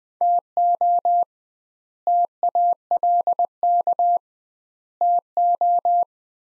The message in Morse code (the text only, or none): TO TALK TO